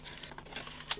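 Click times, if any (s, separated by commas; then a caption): 0.9 s. A second internal cable connector is pushed into a socket on the side of a laptop board. Faint rustling and small taps lead up to a sharp click at 0.9 seconds, and the connector seats in place.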